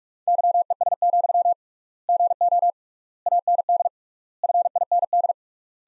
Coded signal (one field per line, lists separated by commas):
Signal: Morse code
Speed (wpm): 46 wpm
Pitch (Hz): 700 Hz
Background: none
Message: YES, GO AND FIND